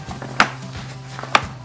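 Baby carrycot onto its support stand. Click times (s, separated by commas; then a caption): 0.4 s, 1.4 s. A bassinet carrycot is set down onto its support stand and clips in by itself. Two sharp clicks are heard at 0.4 s and 1.4 s, likely one from each side, over a low steady hum. The carrycot is seated on the stand.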